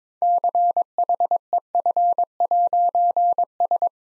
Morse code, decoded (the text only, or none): CHEF'S